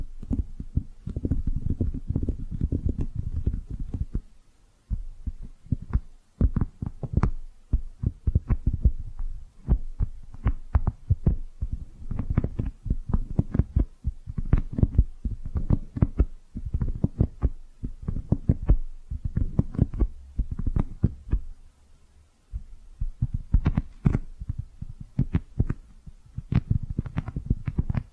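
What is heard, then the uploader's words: Soft brushing and squishy sounds come in quick, fairly regular strokes, low and muffled with occasional brighter flicks. Bursts of dense strokes alternate with brief pauses near 5 and 22 seconds, and a faint low hum sits underneath. No voice is heard. ASMR Your Brain is Fluffy Like Cloud Cozy Brushing, Squishy Triggers for Sleep (No Talking).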